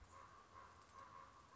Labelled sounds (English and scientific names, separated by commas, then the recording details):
Common Raven (Corvus corax)
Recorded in Sonoma County, California